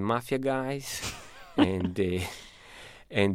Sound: laughter

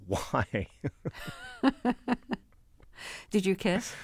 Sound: laughter

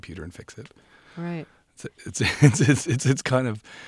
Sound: laughter

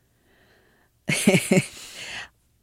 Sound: soundbite of laughter

